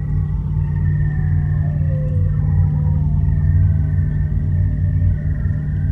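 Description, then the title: Seal vocalizing with long descending whistled glides and a brief rapid trill midway, over a steady low-pitched drone. Seals breathing and singing. "Cantos_focas_plasmath"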